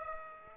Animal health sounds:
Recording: mosquito wingbeat signal from an infrared sensor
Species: Aedes aegypti

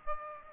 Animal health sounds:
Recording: mosquito wingbeat signal from an infrared sensor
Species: Aedes aegypti

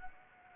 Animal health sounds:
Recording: mosquito wingbeat signal from an infrared sensor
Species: Anopheles gambiae

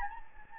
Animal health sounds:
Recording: mosquito wingbeat signal from an infrared sensor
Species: Anopheles gambiae

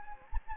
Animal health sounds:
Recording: mosquito wingbeat signal from an infrared sensor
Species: Anopheles gambiae

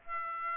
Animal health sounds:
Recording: mosquito wingbeat signal from an infrared sensor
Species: Aedes aegypti

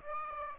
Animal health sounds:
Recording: mosquito wingbeat signal from an infrared sensor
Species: Aedes aegypti

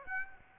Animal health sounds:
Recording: mosquito wingbeat signal from an infrared sensor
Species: Aedes aegypti

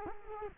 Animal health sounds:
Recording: mosquito wingbeat signal from an infrared sensor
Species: Culex quinquefasciatus

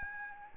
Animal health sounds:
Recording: mosquito wingbeat signal from an infrared sensor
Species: Aedes albopictus

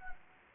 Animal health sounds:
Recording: mosquito wingbeat signal from an infrared sensor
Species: Anopheles gambiae

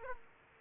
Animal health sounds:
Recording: mosquito wingbeat signal from an infrared sensor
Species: Aedes aegypti

